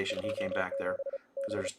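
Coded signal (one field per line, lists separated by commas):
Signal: Morse code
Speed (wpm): 34 wpm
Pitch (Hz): 560 Hz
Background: speech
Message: 27 B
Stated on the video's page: ARRL Sweepstakes CW contest operating from Utah, calling CQ and running stations, copied by ear.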